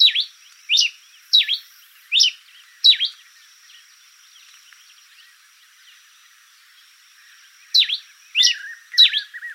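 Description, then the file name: Pileated finch singing sharp, downward-slurred chips in a quick series, a quiet pause of several seconds, then more chips ending in a short low twitter. "coryphospingus pileatus"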